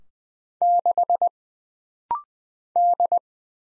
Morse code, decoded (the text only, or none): 6 D